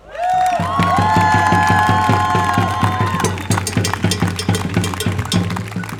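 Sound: crowd applause and cheering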